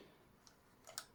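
A gripped knob with small finger grips on a film camera body is twisted, giving faint ticks at 0.5 s and 0.9 s. A sharp click at 1.0 s releases it so it comes up and can be pulled out.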